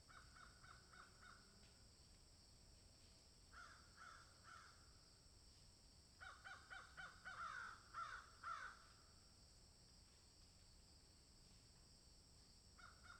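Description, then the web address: Crows cawing in scattered bursts, faint at first, then a loud cluster of overlapping harsh caws midway, with a steady high hiss throughout. Crows cawing in a field. "Debarup Travel Films - Crows Caw in Field"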